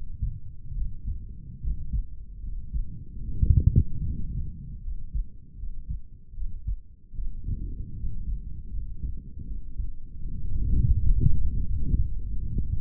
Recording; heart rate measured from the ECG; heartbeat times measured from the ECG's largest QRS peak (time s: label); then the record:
heart sounds by stethoscope; 77 bpm
0.76 s: heartbeat
1.63 s: heartbeat
2.44 s: heartbeat
3.24 s: heartbeat
4.06 s: heartbeat
4.84 s: heartbeat
5.59 s: heartbeat
6.36 s: heartbeat
7.17 s: heartbeat
7.98 s: heartbeat
8.74 s: heartbeat
9.49 s: heartbeat
10.24 s: heartbeat
10.98 s: heartbeat
11.69 s: heartbeat
12.41 s: heartbeat
From the record:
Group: healthy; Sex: male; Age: 30 years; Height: 188 cm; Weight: 110.2 kg